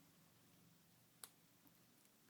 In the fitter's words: now with that pin sticking out a little bit you can hear it snap into place